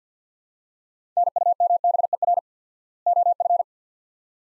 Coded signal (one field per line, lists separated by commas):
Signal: Morse code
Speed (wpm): 50 wpm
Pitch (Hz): 700 Hz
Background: none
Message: NUMBER OF